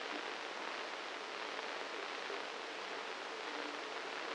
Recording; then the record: brain microelectrode recording played as sound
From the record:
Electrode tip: inside the subthalamic nucleus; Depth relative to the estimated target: 1 mm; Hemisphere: left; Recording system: NeuroSet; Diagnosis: Parkinson's disease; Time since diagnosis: 9 years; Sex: male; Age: 56 years